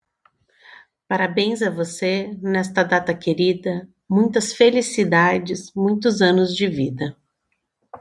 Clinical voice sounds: short text; Brazilian Portuguese; female; 30 to 39 years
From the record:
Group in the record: control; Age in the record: 37 years

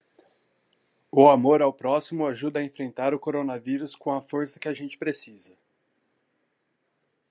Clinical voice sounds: spoken sentence; Brazilian Portuguese; male; 30 to 39 years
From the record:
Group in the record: control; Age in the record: 33 years

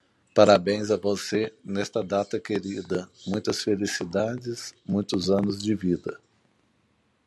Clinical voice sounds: short text; Brazilian Portuguese; male; 50 to 59 years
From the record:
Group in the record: control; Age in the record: 51 years

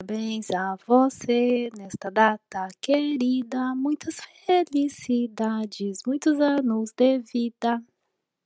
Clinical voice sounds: short text; Brazilian Portuguese; female; 40 to 49 years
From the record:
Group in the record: control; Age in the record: 47 years

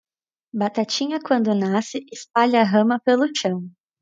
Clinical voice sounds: short text; Brazilian Portuguese; female; 20 to 29 years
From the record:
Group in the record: control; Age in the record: 24 years

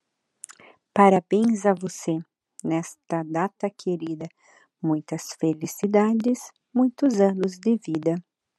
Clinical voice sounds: short text; Brazilian Portuguese; female; 20 to 29 years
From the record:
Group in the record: control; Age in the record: 29 years

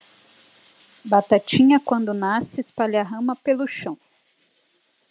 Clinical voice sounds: short text; Brazilian Portuguese; female; 40 to 49 years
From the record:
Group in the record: control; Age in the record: 44 years

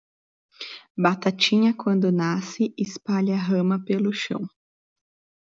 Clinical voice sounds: short text; Brazilian Portuguese; female; 20 to 29 years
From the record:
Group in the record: control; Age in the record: 25 years

